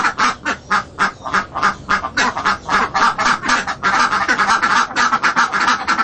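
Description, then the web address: Duck: rapid nasal quacking from ducks, repeated steadily and crowding together into a dense chorus toward the end. Ducks at a marketplace. "Lynne Music Marketplace-Ducks"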